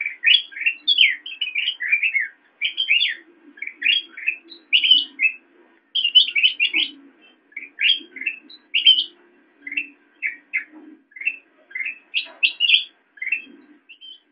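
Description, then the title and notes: Sooty-headed bulbul in busy chattering phrases of rising chirps and quick bubbly notes, nearly continuous, over a faint low hum. Intended as masteran, training audio for songbirds. "suara burung kutilang buat masteran"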